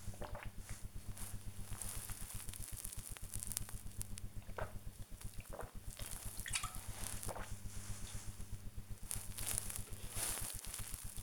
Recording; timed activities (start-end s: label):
household activities, microphone on the right wrist
0.00-11.22 s: drinking